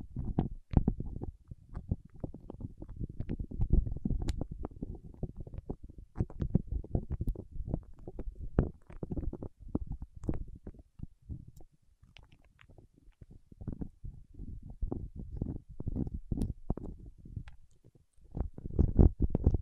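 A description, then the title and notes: Fingertips working soft wax make a dense run of low, squelchy rubbing and sticky crackles, thick with quick clicks and pops. The texture comes in uneven bursts, thinning to near quiet around eleven seconds and again near eighteen before a final louder flurry. ASMR with Wax Fingertips for Sleep (No Talking).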